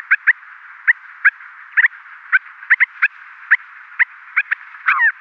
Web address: Schulze Peter Cream-colored Courser